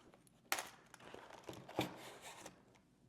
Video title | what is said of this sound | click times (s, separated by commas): Trying Out 2 New Battery Straps for Quest 3 from Kiwi Design | and as easy as that now the facial interface has been snapped back in | 0.5 s